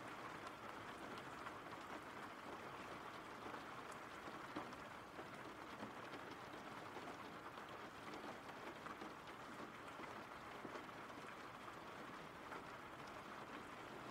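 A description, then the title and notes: Rain falls in a steady, dense hiss that holds the same level for the whole stretch, filling the middle and upper range. Tiny individual drop ticks flicker through it at irregular moments, and a soft low rumble sits underneath throughout. RAIN SOUNDS. RAIN AMBIENCE.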